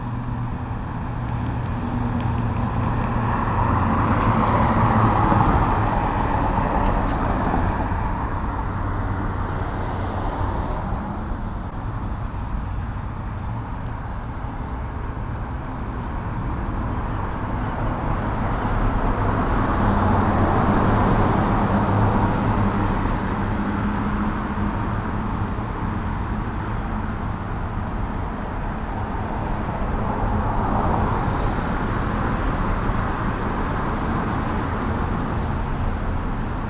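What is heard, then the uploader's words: Traffic moves through a city intersection, a steady low rumble of engines with cars swelling past near 5, 20 and 30 seconds. Tire hiss rises with each pass and then eases, while a constant low hum fills the gaps between vehicles. Intersection of N Davis Ave and Monument Avenue. Monument To Jefferson Davis. In this recording, we hear cars passing on either side of the Monument.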